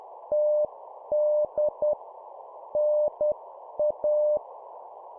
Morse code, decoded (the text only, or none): TD NA